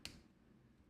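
A smart pen is pushed into its cap or holder with its light lined up with the clip, the only orientation in which it will snap in. A single sharp, short tick sounds at 0.05 s as the pen seats in the cap, followed by quiet low background hum.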